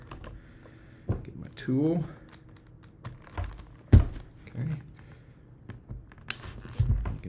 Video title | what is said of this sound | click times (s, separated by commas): Skinz Full Assembly2 | can hear it click. Here we go. | 6.3 s